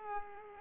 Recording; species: mosquito wingbeat signal from an infrared sensor; Culex pipiens